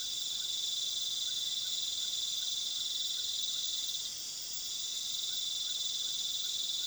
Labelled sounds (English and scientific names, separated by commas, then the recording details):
none
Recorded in pastures near Puerto Asís, Putumayo, Colombia, on 19 February 2024 at 19:30
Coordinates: 0.497, -76.327
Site G7276